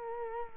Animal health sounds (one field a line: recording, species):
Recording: mosquito wingbeat signal from an infrared sensor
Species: Culex quinquefasciatus